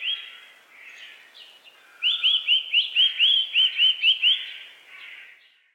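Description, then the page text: Eurasian nuthatch song: a fast series of about ten loud whistled notes, with softer calls before and after. "Звуки птиц - 87. Поползень(песня и позывки)"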